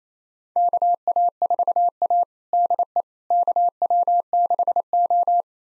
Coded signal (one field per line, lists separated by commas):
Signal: Morse code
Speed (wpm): 28 wpm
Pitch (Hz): 700 Hz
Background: none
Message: KA4A DE KW6O